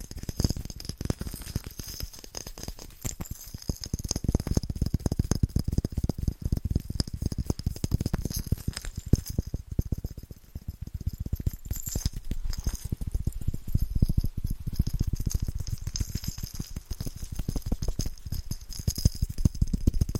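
Fast, rhythmic tapping on Christmas presents runs the whole time, dense rapid taps with a papery, rattling quality. The taps are mostly low and thumpy, with brighter crinkly edges, and the pace stays busy throughout with brief lighter patches around ten and fifteen seconds.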